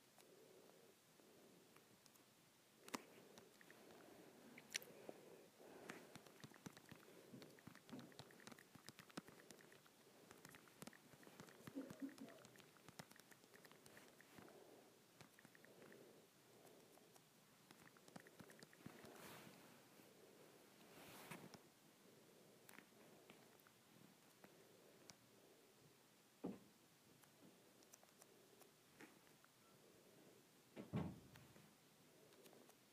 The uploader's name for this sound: Tapping my Android Phone